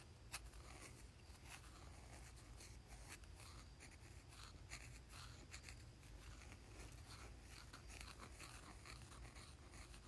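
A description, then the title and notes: A pencil works across cardboard in a continuous, busy scratching, with quick strokes overlapping throughout. Short bright ticks and scrapes stand out at irregular moments, one sharp tap near the start. A steady low rumble sits underneath the whole time. ASMR Pencil on Cardboard.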